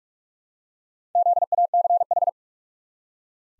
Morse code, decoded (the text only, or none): ZACH